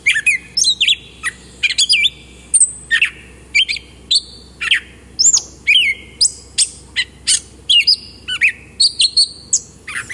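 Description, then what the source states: Gray Catbird song, a scratchy, rambling run of varied short notes, squeaks and slurred whistles, delivered in quick bursts with brief pauses, no other sounds clear. Mimic, very chatty; song a scratchy ramble of notes; found in brushy, often wet areas around ponds or rivers.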